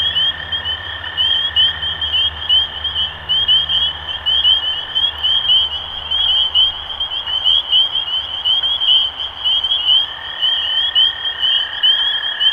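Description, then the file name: Dense spring peeper chorus of high rising peeps throughout, with a long lower trill that fades and returns near the end. Recorded 23 March 2012. "Peepers-2012-0323"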